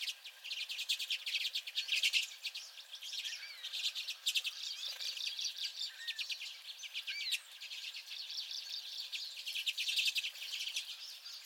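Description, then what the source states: Common redpolls calling as a flock, a dense, continuous stream of overlapping chattering and buzzy notes. A flock of several common redpolls.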